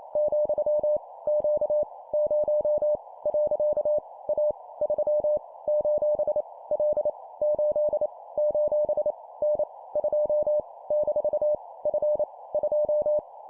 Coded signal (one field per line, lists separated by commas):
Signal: Morse code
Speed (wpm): 28 wpm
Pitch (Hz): 600 Hz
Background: none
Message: , Q 0 . A 3 : L 8 : N 2 - F 2